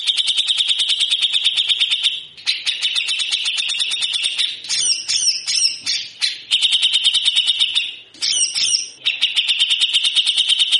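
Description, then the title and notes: Grey-cheeked bulbul harsh song, a dense rasping chatter of rapid buzzy notes repeated without pause, broken by a few brief gaps and squeakier bursts. Actively singing (gacor) cucak jenggot giving harsh, rasping 'besetan kasar' song, used as a master for training birds. "MASTERAN CUCAK JENGGOT GACOR FULL BESETAN KASAR DURASI PANJANG !!!. MASTERAN CUCAK JENGGOT GACOR BESETAN KASAR DURASI RAPAT !!!. Burung cucak jenggot"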